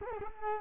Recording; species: mosquito wingbeat signal from an infrared sensor; Culex quinquefasciatus